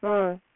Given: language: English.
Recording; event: throat vibration sensor signal played as sound; speech